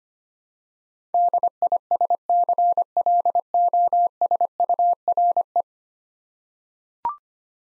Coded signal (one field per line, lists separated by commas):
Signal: Morse code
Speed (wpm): 25 wpm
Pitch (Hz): 700 Hz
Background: none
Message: DISCLOSURE